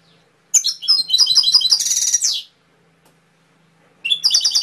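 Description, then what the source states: Canary song: a bright phrase of rapid repeated trilled notes ending in a dense buzzy rattle, a pause, then a new phrase of quick high trills begins. Canary masteran (training) song with full fill-ins (isian), for teaching canaries to sing, by mster Mnuk.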